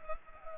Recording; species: mosquito wingbeat signal from an infrared sensor; Culex pipiens